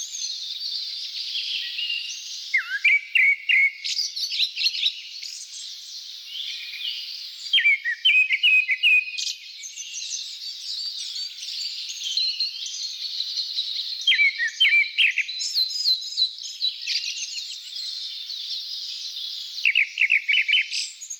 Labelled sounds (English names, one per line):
Grey-backed Thrush song